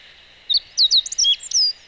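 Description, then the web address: Meadow bunting singing one rapid phrase of thin, high chips and short downslurred whistles, with a constant hissing noise behind it. Recorded on 11 May 2018 during a bird-watching outing. "chikushishou bird watching club 2018 5 11 hoojiro"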